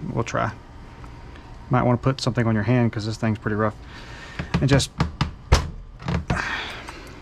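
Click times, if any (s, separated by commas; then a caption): 6.3 s. A tight-fitting part of a plastic Kyosho MP10 RC car differential is pushed down by hand on a table until it pops into its seat in the housing, an aggressive press fit. Someone talks, then a few small knocks at 6.1 s lead to a sharp pop at 6.3 s as the part seats.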